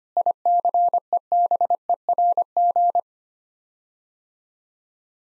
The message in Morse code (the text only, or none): ICEBERG